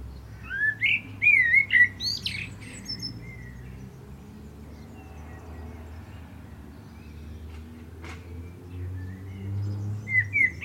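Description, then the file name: Common blackbird phrase of mellow whistles and high squeaks at the start, a long quiet stretch, then a few short whistled notes near the end. "Turdus merula"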